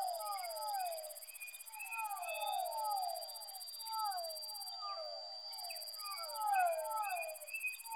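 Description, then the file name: Fischer's dwarf frog calls in clustered groups of falling notes, some higher chirps among them, set against a sustained high tone and rhythmic high buzz. Soundscape composition built from amphibian vocalizations. "soundscape with amphibian vocalizations of physalaemus fischeri"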